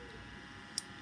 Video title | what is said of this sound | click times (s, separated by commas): Alfaman Garage - How To Replace A Broken Door Handle On Alfa Romeo Giulietta Part 01 | till it clicks and then you can lift it off | 0.8 s